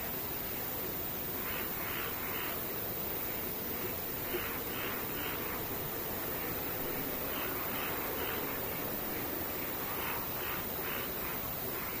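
Insects call over a constant, dense hiss, their rhythmic pulsing bursts rising in a mid-high register in loose clusters every second or two, strongest around the middle and end. The background wash stays steady and even throughout, like distant rushing water or wind.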